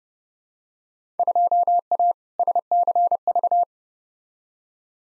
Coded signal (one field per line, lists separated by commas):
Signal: Morse code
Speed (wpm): 30 wpm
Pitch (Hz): 700 Hz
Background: none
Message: 2A SCV